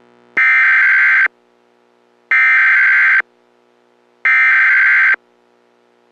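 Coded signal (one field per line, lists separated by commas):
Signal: Emergency Alert System (SAME) tones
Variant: header bursts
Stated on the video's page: Fictional EAS scenario, not a real alert.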